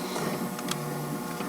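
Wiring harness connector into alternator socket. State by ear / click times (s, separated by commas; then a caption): not seated / none. A wiring harness connector is handled at the socket of a new alternator on a 1998 Saturn SL2, over a steady hum with a brief sharp tick near 0.7 s. The connector has not seated or clicked in yet.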